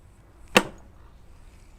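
A hand presses down the lid of a Dometic CFX3 IM 55 portable compressor fridge whose lid latch had been left open even though the lid looked closed. After a faint soft sound just before, the latch snaps home with a single sharp, bright click at 0.6 s that quickly fades into quiet background. The open latch is now engaged and the lid is shut.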